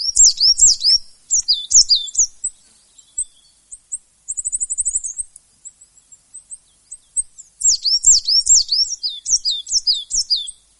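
Coal tit delivering high, sweeping repeated notes. A fast, thin trill comes midway, then the song resumes with brisk repeated phrases.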